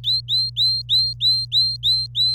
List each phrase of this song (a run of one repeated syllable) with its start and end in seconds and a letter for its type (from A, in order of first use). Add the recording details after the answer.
0.04-2.34 A. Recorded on 26 April 2018 at 06:28. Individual llb3